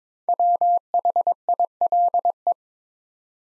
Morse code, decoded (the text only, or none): WHILE